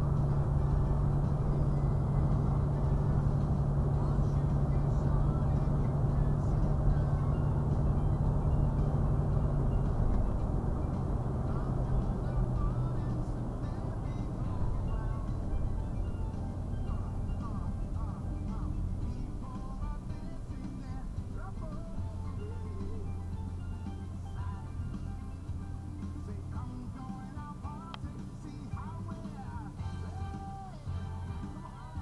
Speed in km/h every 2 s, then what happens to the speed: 77, 77, 79, 79, 77, 71, 61, 50, 37, 29, 19, 10, 2, 0, 0, 0.
0-7 steady at about 77. 7-24 brakes to 2. 24-32 standing.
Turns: none.